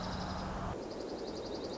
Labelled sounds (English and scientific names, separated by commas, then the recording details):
Dark-eyed Junco (Junco hyemalis)
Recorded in Sonoma County, California